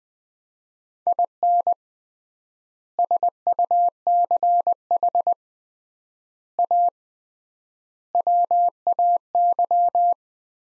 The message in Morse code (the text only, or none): IN SUCH A WAY